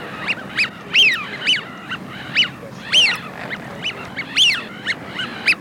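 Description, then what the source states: Eurasian wigeon whistles, clear rising-and-falling 'wheeoo' notes repeated several times, with shorter soft notes between them and a steady background hiss. Wigeon calls for use as a hunting lure.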